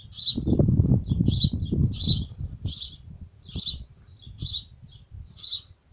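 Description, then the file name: Bird chirping with short, harsh, noisy chirps repeated at short intervals, over a low rumbling and rustling underneath. Birds at a nest. "Nido pajaros"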